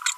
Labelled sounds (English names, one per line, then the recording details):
Green-rumped Parrotlet babbling
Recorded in a nest box in Venezuela
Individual 18B25A4